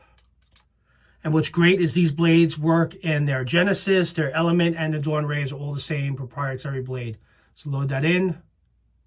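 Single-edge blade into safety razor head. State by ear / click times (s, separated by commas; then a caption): not seated / none. A single-edge proprietary blade is handled for loading from the back into the stainless steel head of a OneBlade Genesis safety razor, with a few faint ticks near 0.2 to 0.6 seconds. Someone talks through most of the clip, which ends before the blade goes in, so nothing has seated or clicked yet.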